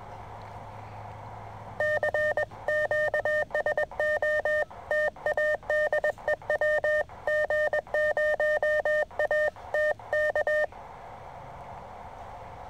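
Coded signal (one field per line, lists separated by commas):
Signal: Morse code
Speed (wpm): 22 wpm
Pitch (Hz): 610 Hz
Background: none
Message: CQ SOTA DE WG0AT K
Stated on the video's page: SOTA contact from a mountain summit with another SOTA operator, sent by an operator new to Morse.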